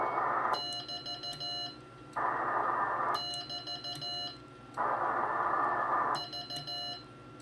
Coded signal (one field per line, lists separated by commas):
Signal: Morse code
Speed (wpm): 14 wpm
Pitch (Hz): 2900 Hz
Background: radio noise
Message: <BT> <BT> V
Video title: Fred's First CW QSO since 1979 - Today, July 2, 2021